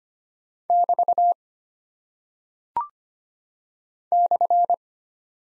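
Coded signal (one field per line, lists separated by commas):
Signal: Morse code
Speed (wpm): 25 wpm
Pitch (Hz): 700 Hz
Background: none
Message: <BT> /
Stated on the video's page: Morse practice drill of punctuation and prosign characters at 25 wpm, each character sent, spoken, then sent again for head-copy.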